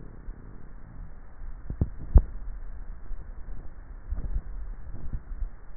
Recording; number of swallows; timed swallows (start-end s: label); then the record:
swallowing sounds by neck microphone; 2
2.02-3.12 s: swallow
4.32-5.35 s: swallow
From the record:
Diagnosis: dysphagia